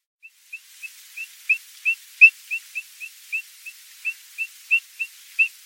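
Bird whistle calls: a steady series of about seventeen short, rising notes, the first few softer, each separated by roughly a third of a second.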